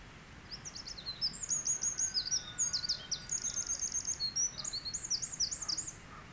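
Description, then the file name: Eurasian wren song: a long, fast, high series of trills and twittering notes running continuously for about six seconds, with a faint steady tone beneath. "Troglodytes troglodytes"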